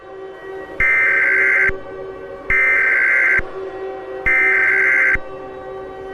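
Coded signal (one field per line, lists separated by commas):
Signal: Emergency Alert System (SAME) tones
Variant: header bursts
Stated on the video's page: Fictional EAS scenario built with valid EAS tones that can activate special receivers.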